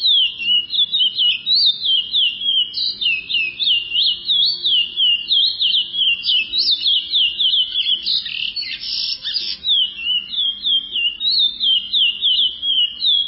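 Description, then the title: Chestnut-bellied seed finch delivering a long, lively warble of quick whistled slurred notes, briefly turning harsher and buzzier in the middle before resuming. "Canto De Curio"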